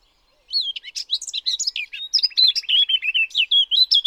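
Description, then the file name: Eurasian blackcap song: a rapid, varied warble of whistled and scratchy notes, then a fast buzzy trill and clear fluting phrases, continuous from half a second in. "Sylvia atricapilla"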